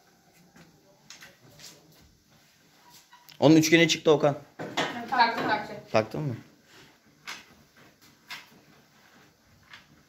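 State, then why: Not seated. During a bicycle restoration, a metal frame triangle is fitted into the fork while people talk loudly through the middle of the clip. Brief sharp sounds occur at 1.1 s and 9.7 s. The triangle won't go in and has not seated in the fork, with no click.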